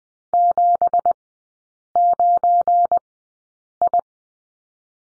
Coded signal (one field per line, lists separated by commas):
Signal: Morse code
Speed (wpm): 20 wpm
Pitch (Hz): 700 Hz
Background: none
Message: 79I